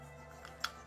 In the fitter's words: it forward push it down until you hear that little click alright